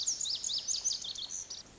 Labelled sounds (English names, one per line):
Pacific Wren